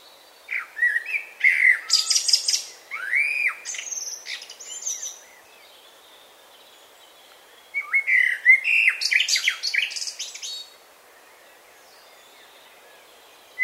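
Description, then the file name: Common blackbird song: mellow fluted warbles mixed with high squeaky twitters, in two phrases separated by a pause of a few seconds. "Turdus merula"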